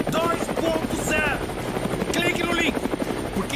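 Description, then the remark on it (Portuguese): A helicopter engine runs and roars steadily with a dense, continuous rotor drone, loud throughout, while a person talks over it with rising and falling tones, recording a take. “Olha, pessoal, a gente tem que fazer um take com o helicóptero ligado.”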